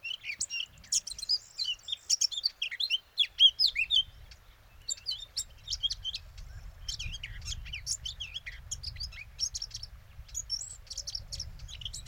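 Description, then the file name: Eurasian blackcap song, a busy run of scratchy and whistled notes, with a low rumbling noise rising in the background partway through. "Sylvia atricapilla"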